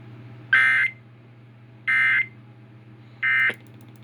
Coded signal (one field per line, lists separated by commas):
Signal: Emergency Alert System (SAME) tones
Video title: Blasted Outta Bed. (EAS#74-75)